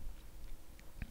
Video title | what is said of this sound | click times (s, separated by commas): iPhone 6 Plus Screen Assembly Replacement (step-by-step instructions) | and once it clicks in place you're going to make sure | 0.8 s, 1.0 s